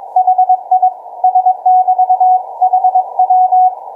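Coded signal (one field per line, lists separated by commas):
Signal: Morse code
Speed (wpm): 21 wpm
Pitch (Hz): 740 Hz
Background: none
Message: HI S <BT> HW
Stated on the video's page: On-air Morse demo at 12 wpm.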